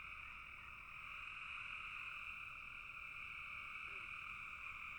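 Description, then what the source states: Dense frog chorus with fast overlapping pulses forming a steady droning trill, and a short lower call near the end. Frogs in a bog.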